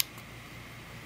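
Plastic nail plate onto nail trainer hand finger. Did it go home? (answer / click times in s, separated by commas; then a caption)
no / none. A plastic practice nail plate is handled near the finger of a nail trainer hand, with a brief faint tick at the very start followed by a low steady hum. Nothing has seated or clicked yet.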